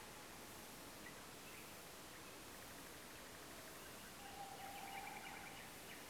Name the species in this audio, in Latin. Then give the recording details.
Luscinia megarhynchos, Strix aluco. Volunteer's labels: Luscinia megarhynchos megarhynchos. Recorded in France